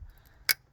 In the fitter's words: until it clicks like that